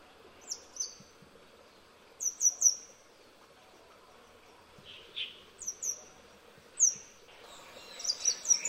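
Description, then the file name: Grey wagtail giving sharp, high descending call notes, singly or in quick pairs and triplets, separated by pauses of a second or more, against a quiet background. "灰鶺鴒"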